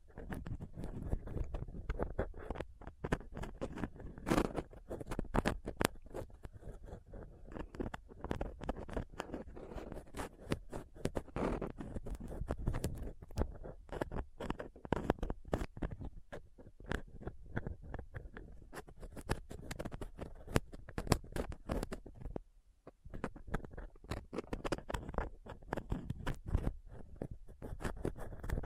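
A microphone is picked and scraped roughly with a dental pick, tweezers and a cotton swab. Dense, uneven scratching and tapping runs throughout, with frequent sharp clicks and bursts of low rumble, briefly easing near 22 seconds before resuming.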